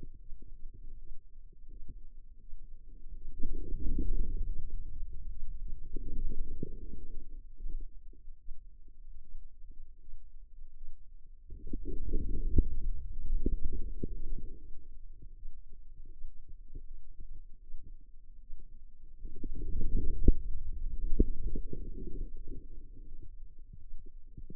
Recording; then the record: forearm muscle sounds (acoustic myography)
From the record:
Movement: inward rotation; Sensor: system 2, bracelet of six BSWA MPA416 microphones around the upper forearm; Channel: 5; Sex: female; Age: 25 years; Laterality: right